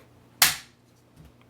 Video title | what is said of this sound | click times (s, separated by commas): CAA MCK GEN 2 MICRO RONI CONVERSION KIT TAURUS 9MM PT111 G2C G3 G3C | then you push forward right here until you see the red it's going to snap you're going to hear it it's | 0.4 s